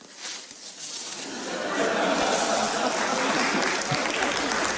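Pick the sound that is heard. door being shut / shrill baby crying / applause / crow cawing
applause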